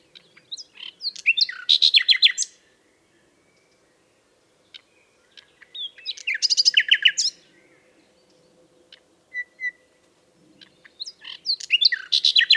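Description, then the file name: Common nightingale song in three loud bursts separated by pauses, each a fast volley of crisp repeated notes and chattering trills, with a few soft whistles between. "Luscinia megarhynchos"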